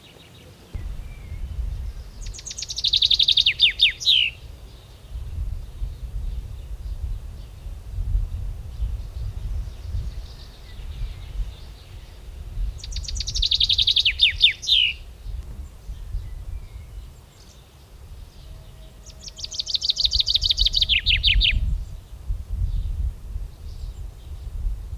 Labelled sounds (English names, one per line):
Common Chaffinch song